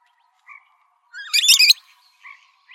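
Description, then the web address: Parrot call: a brief, loud, harsh, rasping burst, with faint short tonal notes before and after it. "Parrots AZFO deviche"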